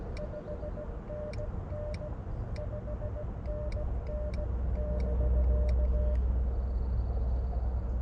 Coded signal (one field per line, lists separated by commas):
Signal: Morse code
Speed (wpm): 17 wpm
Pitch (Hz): 590 Hz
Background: none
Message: 5NN 5NN <BK>